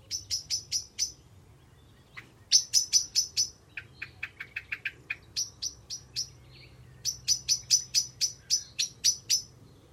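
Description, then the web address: Bird chirps: rapid series of sharp, high ticking notes in quick bursts, interspersed with lower twittering chips, repeating in runs throughout. Bird sounds only. "Deverinetal. Bird Only"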